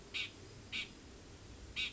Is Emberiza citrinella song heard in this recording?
no